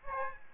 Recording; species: mosquito wingbeat signal from an infrared sensor; Aedes albopictus